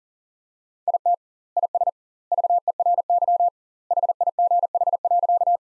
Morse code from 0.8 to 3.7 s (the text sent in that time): IT IS VERY